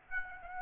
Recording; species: mosquito wingbeat signal from an infrared sensor; Aedes aegypti